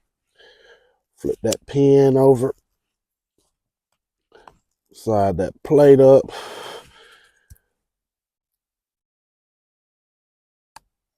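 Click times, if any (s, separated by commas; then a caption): 10.8 s. A steel foothold trap is set by pushing down on its pan until the dog catches in the trigger notch. Someone talks over a few faint handling knocks, and a single sharp metallic click at 10.8 seconds marks the dog seating in the notch with the trap set.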